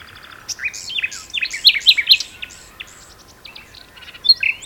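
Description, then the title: Common nightingale song of varied slurred whistles and sharp chirps in a jumbled phrase, ending with a few isolated notes. Two nightingales singing in a duet on Westleton Heath. "sanderson. nightingale duet on westleton heath"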